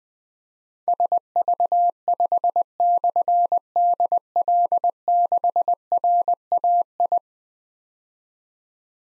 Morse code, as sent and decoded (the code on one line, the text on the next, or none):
... ...- ..... -..-. -.. .-.. -.... .-. .- ..
SV5/DL6RAI